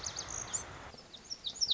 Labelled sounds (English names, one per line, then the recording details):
Lazuli Bunting
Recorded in Sonoma County, California